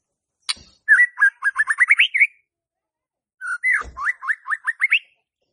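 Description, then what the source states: White-rumped shama song of two similar phrases of rapid, upward-sweeping whistles, with a couple of sharp taps. Lure (pancingan) of a bird described as stressed and stuck (macet).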